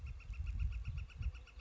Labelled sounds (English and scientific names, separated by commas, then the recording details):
Northern Flicker (Colaptes auratus)
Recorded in Sonoma County, California